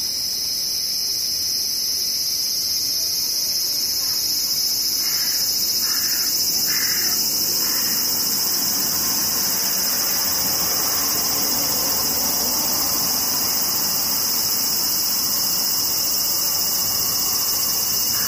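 Cicadas buzz in a steady, unbroken high-pitched drone that holds level for the whole clip. Underneath runs a low, continuous rumble, and around four to eight seconds a few faint, short chirps or squeaks repeat in the middle range.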